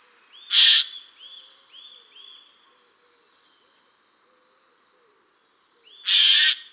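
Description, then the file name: Eurasian jay giving two loud, harsh rasping screeches about five seconds apart, with soft high whistles and chirps of other birds in between. "Garrulus glandarius"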